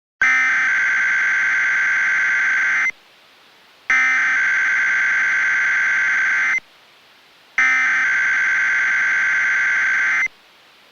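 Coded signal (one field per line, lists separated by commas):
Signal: Emergency Alert System (SAME) tones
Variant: header bursts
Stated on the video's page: Simulated Nevada Required Monthly Test, voice taken from a Sage 3644 EAS unit.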